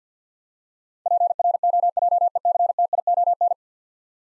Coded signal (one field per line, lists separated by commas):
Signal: Morse code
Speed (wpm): 45 wpm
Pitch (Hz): 700 Hz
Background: none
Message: PROJECTION